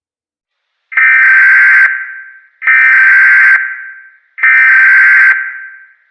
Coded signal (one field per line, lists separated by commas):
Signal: Emergency Alert System (SAME) tones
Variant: header bursts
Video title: a EAS VIDEO FOR A TEAMMATE